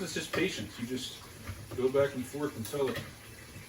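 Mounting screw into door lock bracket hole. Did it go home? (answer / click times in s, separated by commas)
no / none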